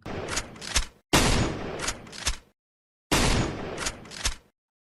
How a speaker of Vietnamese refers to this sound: Lời còn chưa dứt, súng đã nổ.